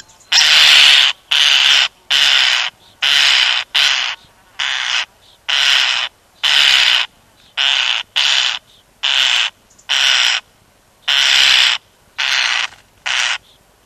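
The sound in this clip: European starling making a long series of rough, buzzy screeches, many in quick succession at roughly one per second.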